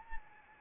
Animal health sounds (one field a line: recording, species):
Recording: mosquito wingbeat signal from an infrared sensor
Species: Anopheles arabiensis